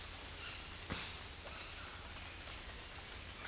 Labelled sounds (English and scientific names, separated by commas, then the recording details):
none
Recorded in dense forest near Puerto Asís, Putumayo, Colombia, on 22 December 2024 at 07:30
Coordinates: 0.468, -76.322
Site G071